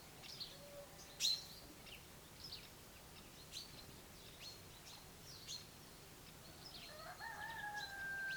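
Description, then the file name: Common chaffinch calls: one loud sharp chip near the start amid faint high chirps, then a steady whistled tone from another sound at the end. "Fringilla coelebs"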